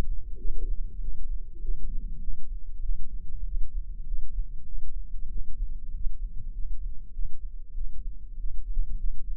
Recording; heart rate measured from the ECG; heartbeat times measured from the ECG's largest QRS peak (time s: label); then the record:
heart sounds by microphone in the left ear; 98 bpm
0.36 s: heartbeat
0.99 s: heartbeat
1.59 s: heartbeat
2.19 s: heartbeat
2.80 s: heartbeat
3.43 s: heartbeat
4.03 s: heartbeat
4.63 s: heartbeat
5.27 s: heartbeat
5.89 s: heartbeat
6.50 s: heartbeat
7.10 s: heartbeat
7.72 s: heartbeat
8.34 s: heartbeat
8.94 s: heartbeat
From the record:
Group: healthy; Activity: rest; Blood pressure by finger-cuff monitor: 118/78 mmHg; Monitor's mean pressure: 90 mmHg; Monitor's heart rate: 97 bpm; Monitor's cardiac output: 7.3 L/min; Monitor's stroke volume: 75 mL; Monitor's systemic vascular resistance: 910 dyn s/cm5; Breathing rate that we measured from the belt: 26 breaths a minute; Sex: male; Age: 20 years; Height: 187 cm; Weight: 68.9 kg